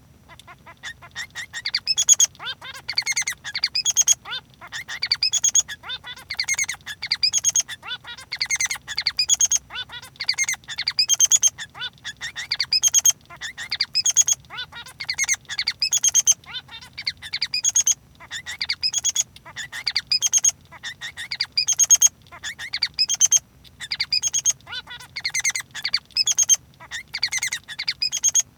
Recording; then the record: song of a male Bengalese finch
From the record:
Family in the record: son of father 3